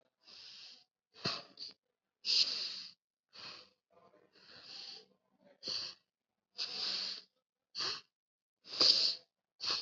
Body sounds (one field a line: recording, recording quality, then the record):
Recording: shallow breathing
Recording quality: excellent, no background noise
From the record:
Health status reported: COVID-19 positive, mild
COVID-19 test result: positive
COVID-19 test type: RT-PCR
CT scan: not taken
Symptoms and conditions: cough, fever, fatigue, muscle pain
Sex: female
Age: 55 years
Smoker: no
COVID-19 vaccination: both doses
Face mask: not worn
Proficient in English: yes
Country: India